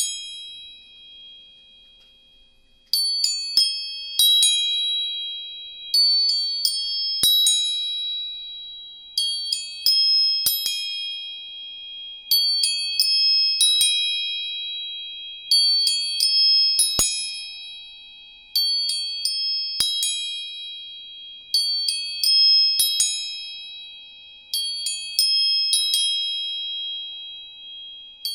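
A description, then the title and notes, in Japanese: Tuning forks are struck about every three seconds, each giving a clear, high, ringing tone with a brief metallic click that slowly fades. 音叉チューニング全体性。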